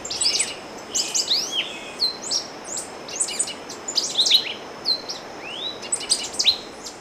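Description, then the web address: Golden-bellied euphonia song: dense high chips, slurred whistles and twittering notes in a busy run of bright phrases over faint steady background hiss. Song recorded in the eastern lowlands of South America. "Natures Songs S America Eastern Lowlands Euphonia chrysopasta, song"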